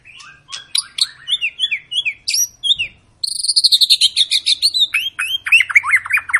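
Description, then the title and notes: White-rumped shama song with varied whistles and slurs, a brief pause, then a long fast train of high chirps and downslurred notes. Long lure song (pancingan) of an energetically singing (gacor) shama, used to prompt other birds to sing. "Pancingan Murai Batu Gacor Panjang. muraiku"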